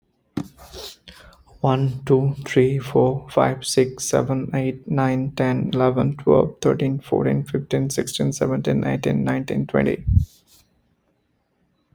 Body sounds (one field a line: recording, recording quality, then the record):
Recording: counting at a fast pace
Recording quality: excellent, no background noise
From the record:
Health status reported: healthy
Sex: male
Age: 33 years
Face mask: not worn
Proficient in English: yes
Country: India